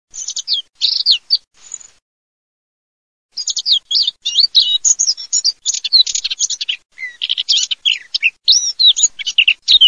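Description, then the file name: Eurasian blackcap song, fast high warbling phrases of varied chirps and rapid notes, a short burst then a pause and a longer continuous stretch. "capinera"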